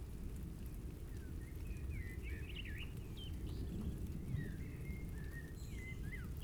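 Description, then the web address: Common Blackbird: song of fluty, warbling phrases over constant rain noise. Distant blackbirds singing during a thunderstorm. "Invisible - Storm, gale and thunderstorm thunderstorm distant blackbirds singing"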